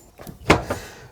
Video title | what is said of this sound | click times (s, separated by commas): MMM TV motorhome review: Auto-Trail Frontier Scout Hi-Line | now pity this coverboard doesn't latch properly but that's just a matter of adjustment | none